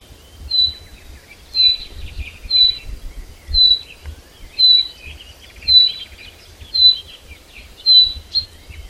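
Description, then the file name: Common chaffinch calling with a single high, thin whistle repeated about once a second, soft bird twittering between notes and low rumbling noise behind. "Fringilla coelebs"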